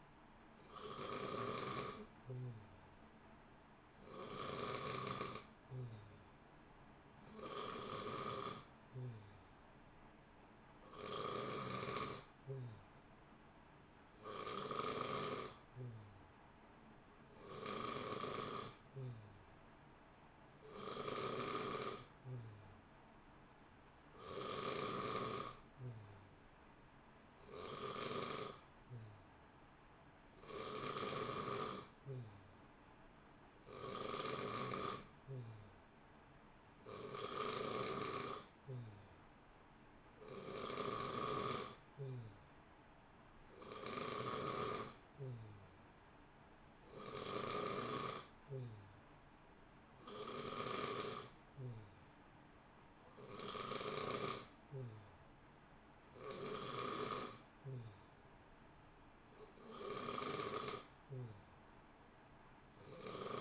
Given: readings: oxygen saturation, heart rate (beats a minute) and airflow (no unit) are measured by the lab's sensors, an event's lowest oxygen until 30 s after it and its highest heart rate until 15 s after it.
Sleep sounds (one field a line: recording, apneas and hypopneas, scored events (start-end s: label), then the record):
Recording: breathing in sleep by a voice recorder at the bedside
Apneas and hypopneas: none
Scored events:
27.00-63.41 s: new sleep stage, N2 (light sleep)
From the record:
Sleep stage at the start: N3 (deep sleep)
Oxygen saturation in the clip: 89 to 91%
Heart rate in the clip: 59 to 64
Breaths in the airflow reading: 23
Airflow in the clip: -0.8 to 0.9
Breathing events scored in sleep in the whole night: 328 in 6.3 hours asleep